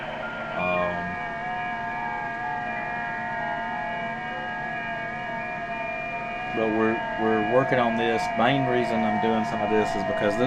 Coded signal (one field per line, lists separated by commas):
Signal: FT8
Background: speech